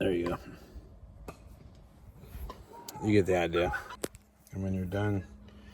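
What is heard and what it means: An Insta360 GO mini action camera is handled as it is brought toward its charging case, while someone talks. A few faint taps and handling noises are heard, but the camera has not yet been pushed back in, and nothing has seated or clicked by the end of the clip.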